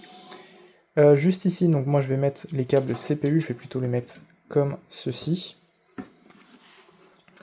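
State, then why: Seated. Someone talks, then a modular CPU (EPS) power cable with a plastic latch is pushed into its socket on the modular power supply. A soft handling sound is heard around 6.0 s, followed by two short, sharp clicks at 7.3 s and 7.4 s. The cable seats and clips into place.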